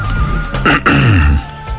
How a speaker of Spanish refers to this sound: No oyendo en vivo la emisora, sino un reporte que hicieron en una emisora que sale por las mañanas y uno de los personajes empieza a toser.